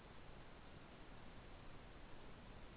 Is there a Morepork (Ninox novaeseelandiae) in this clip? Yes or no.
no